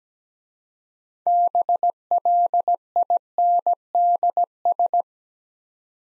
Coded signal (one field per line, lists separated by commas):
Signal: Morse code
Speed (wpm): 21 wpm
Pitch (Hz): 700 Hz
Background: none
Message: BLINDS